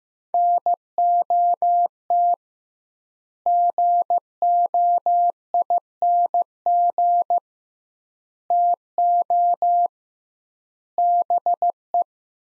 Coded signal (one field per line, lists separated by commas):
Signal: Morse code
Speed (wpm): 15 wpm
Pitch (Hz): 700 Hz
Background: none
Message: NOT GOING TO BE